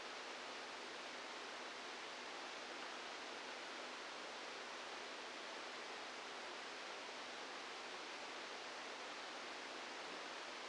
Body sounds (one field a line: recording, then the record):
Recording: brain microelectrode recording played as sound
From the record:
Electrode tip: inside the subthalamic nucleus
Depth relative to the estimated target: 0 mm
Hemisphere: left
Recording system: NeuroSet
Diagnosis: Parkinson's disease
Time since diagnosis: 12 years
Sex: male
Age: 61 years